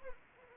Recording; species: mosquito wingbeat signal from an infrared sensor; Anopheles arabiensis